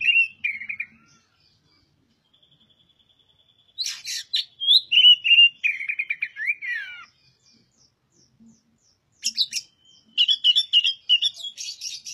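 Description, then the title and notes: Oriental magpie-robin song: whistled phrases broken by pauses, mixing clear sweet notes with scratchy buzzy bursts and a faint thin high tone between phrases. Song of a kept master bird used for training other birds, described as singing loudly and persistently. "Suara Burung Kacer masteran. burung kacer gacor hebat"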